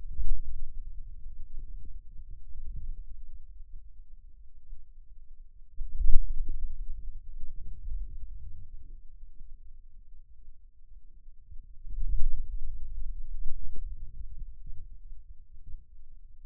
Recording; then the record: forearm muscle sounds (acoustic myography)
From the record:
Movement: hand closing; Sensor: system 2, bracelet of six BSWA MPA416 microphones around the upper forearm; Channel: 1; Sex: male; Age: 22 years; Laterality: right